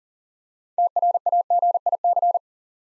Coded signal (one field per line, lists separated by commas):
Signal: Morse code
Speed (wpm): 44 wpm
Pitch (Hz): 700 Hz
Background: none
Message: TRAGIC